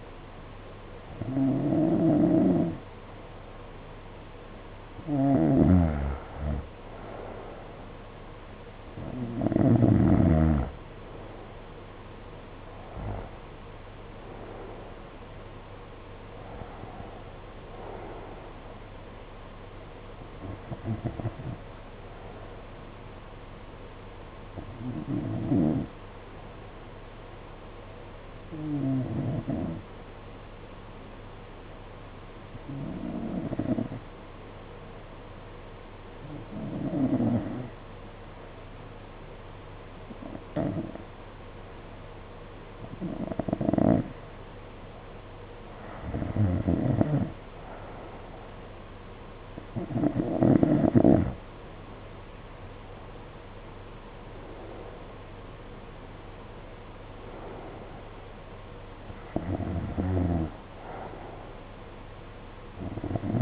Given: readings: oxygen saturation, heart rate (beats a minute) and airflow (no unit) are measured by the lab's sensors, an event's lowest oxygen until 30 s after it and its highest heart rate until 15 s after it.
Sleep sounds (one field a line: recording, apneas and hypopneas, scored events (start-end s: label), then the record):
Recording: breathing in sleep by a voice recorder at the bedside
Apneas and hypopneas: 1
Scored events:
31.00-48.90 s: hypopnea (N2, oxygen 93% highest, then 88% lowest, heart rate 50 at the start, 61 highest)
From the record:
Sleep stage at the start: N2 (light sleep)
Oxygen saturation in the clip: 88 to 93%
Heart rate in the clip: 50 to 61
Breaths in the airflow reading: 17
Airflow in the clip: -7.3 to 7.4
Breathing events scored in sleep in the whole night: 476 in 9.7 hours asleep